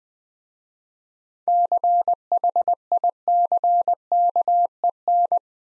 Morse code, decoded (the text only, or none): CHICKEN